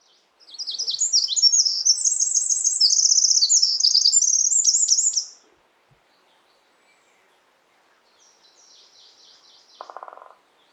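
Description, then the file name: Eurasian wren singing: a loud, very high, rapid stream of trills and twittering notes for about five seconds, then a fainter song and a short, lower-pitched buzzy burst. "Troglodytes troglodytes"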